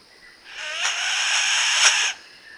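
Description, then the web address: Kagu giving a single broad, breathy hiss lasting about one and a half seconds, with a brief louder burst near its end. "sound Kagu. صدای-پرنده-کاگو"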